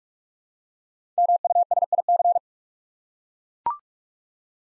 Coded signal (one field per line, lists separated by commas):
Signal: Morse code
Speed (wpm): 44 wpm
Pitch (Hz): 700 Hz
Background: none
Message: MUSIC